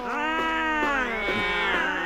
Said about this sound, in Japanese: 猫ですか。